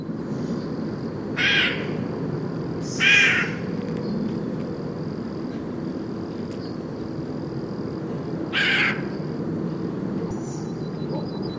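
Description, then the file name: Eurasian jay giving three harsh, rasping screeches at uneven intervals, over a steady low rumble and a faint high hum. "Garrulus glandarius"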